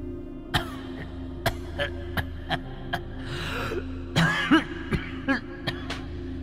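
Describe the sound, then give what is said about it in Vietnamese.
A man, the father of two brothers, coughs hoarsely again and again, eight or so rough, harsh bursts at an uneven pace, carrying from afar over a low, steady hum. “Vừa chạy vừa gào thét, đằng sau là tiếng vó trâu chạy hùng hục, tiếng trâu thở phì phì, và cả tiếng bố của hai ông ấy đang ho khổ khổ vọng lại.”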